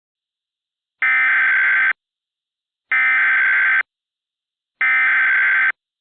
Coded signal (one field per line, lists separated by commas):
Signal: Emergency Alert System (SAME) tones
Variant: header bursts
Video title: EAS Mock Up #14 - Recreation: Child Abduction Emergency Wisconsin 8/5/21